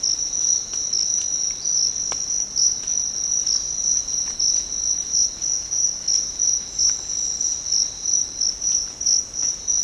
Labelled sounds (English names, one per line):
none